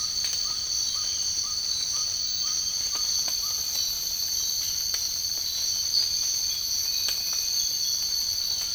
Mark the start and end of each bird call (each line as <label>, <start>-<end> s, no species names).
bird call, 0.00-3.62 s